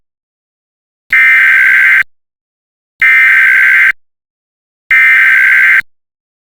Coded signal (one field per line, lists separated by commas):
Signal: Emergency Alert System (SAME) tones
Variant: header bursts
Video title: EAS Recreation (4/24/25): Texas Amber Alert